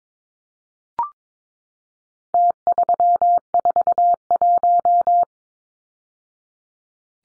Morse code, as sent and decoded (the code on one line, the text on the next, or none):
- ...-- ....- .----
T341